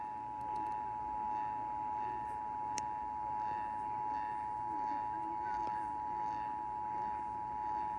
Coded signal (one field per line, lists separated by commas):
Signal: Emergency Alert System (SAME) tones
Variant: 853 and 960 Hz attention tone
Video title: I missed the other stations, BUT THIS IS SO CLEAR.. NYC Required Monthly Test on WCBS 880 (EAS #49)